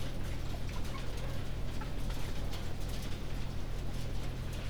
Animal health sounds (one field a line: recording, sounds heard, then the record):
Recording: poultry house recording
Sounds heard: healthy chickens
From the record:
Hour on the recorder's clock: 20